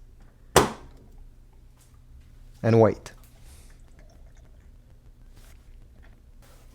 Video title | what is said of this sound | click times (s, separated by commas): How to Load Ink In Your HP Smart Tank Printer | remove the cap and put it upside down until it clicks | 0.6 s